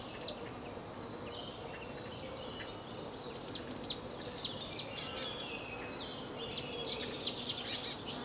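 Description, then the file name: Marsh tit calls: short, sharp high notes delivered in quick bursts, in a few clusters separated by pauses, with fainter high chirps in between. "Poecile palustris"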